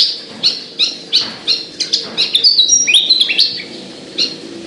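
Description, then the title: Javan bush lark song: a fast run of sharp high chirps, quickening in the middle into a dense twittering burst, then slowing again. Local name branjangan; song described as gacor. "Branjangan Gacor Petir 1"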